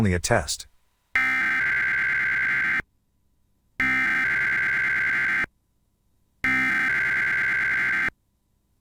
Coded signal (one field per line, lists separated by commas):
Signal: Emergency Alert System (SAME) tones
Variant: header bursts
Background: speech